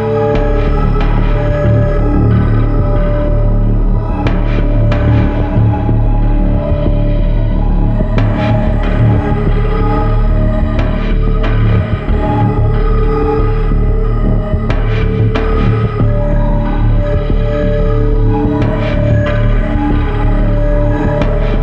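A strange, windy soundscape of steady low droning hum with layered sustained tones, punctuated by brief bright clicks and crackles every few seconds.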